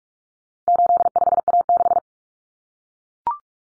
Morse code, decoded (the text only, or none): 85A6